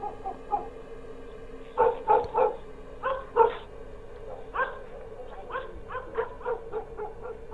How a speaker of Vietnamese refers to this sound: Đâu đó ở bên đầu làng xa xa, tiếng chó cắn ma cứ ông ổng, nghe đến não hết cả lòng.